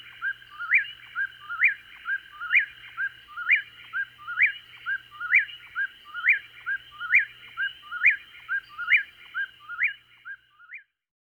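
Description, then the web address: Eastern whip-poor-will calling, a loud three-part whistled phrase with a sharp rising end, repeated roughly once a second. Eastern North America. "Dan Gibson Wildlife Identification By Sound, Eastern North America Pt 1. Whip Poor Will"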